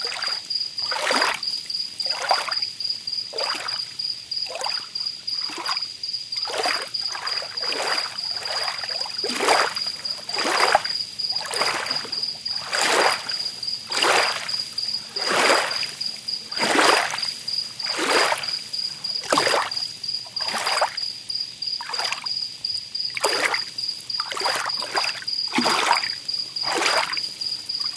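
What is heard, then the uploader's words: Small waves lap and splash on a quiet shore at night, arriving as short bright washes every second or so with little pause between them. A thin, steady high insect trill runs unbroken through the whole recording above the water. Quiet Beach at Night. Hear the gentle sounds of the ocean as it kisses the shore under the shimmering moonlight.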